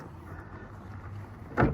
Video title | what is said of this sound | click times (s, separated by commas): Vintage Econoline Van Review - 1984 Ford Club Wagon SuperVan Explained #ford #econoline #vanlife | Just like so, and it locks into place. | 1.6 s